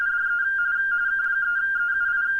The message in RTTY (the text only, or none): DE K3EUI